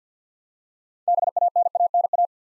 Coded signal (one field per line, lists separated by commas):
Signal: Morse code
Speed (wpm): 52 wpm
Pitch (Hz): 700 Hz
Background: none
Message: BANANA